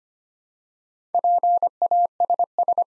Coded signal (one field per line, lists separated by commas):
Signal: Morse code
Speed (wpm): 25 wpm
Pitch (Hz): 700 Hz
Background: none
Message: PASS